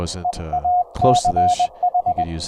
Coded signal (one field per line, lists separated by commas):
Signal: Morse code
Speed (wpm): 20 wpm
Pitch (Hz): 720 Hz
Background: speech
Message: EACH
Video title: Remote control your HAM RADIO RIG with REAPER and a Raspberry PI